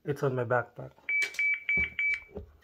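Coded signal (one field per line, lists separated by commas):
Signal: none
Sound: a radio's key beeps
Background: speech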